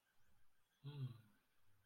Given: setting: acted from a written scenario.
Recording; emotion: vocal sound without words; serenity